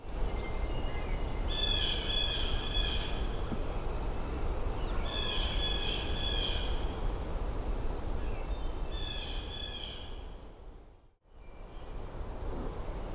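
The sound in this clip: Nashville warbler singing several high songs of quick repeated notes, about every four seconds, over a steady low rumble with a brief silent gap.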